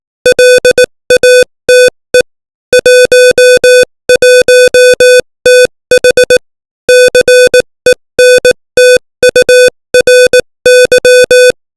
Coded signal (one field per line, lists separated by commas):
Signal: Morse code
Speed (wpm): 18 wpm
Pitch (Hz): 500 Hz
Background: music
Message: LATE 11TH CENTURY